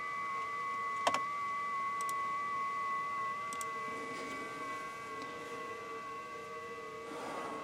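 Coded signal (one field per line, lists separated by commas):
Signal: FT8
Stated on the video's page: FT8 during a Parks on the Air activation.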